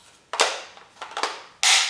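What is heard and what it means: The box magazine that came with a Southern Tactical CETME C rifle is pushed into the rifle's magazine well. Sharp handling taps come at about 0.3–0.4 s and 1.2 s, then a loud metallic snap at 1.6 s as the magazine locks in easily.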